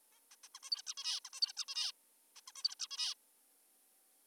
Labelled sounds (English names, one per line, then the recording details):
Zebra Finch
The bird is an adult
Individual g19o3U